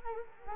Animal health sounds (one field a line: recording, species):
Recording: mosquito wingbeat signal from an infrared sensor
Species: Culex quinquefasciatus